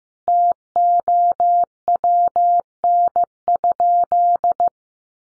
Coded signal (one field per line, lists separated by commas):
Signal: Morse code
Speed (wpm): 15 wpm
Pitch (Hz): 700 Hz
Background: none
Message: TOWN?